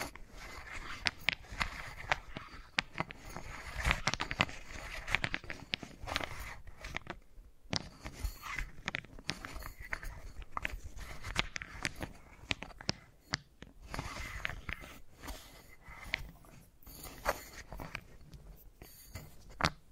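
Wooden balls knock, roll and clatter in an irregular stream of sharp clicks and taps, some bright and crisp, others duller thuds. The activity stays busy throughout, with brief quieter gaps near 7.5 and 13 seconds and a soft low rumble underneath.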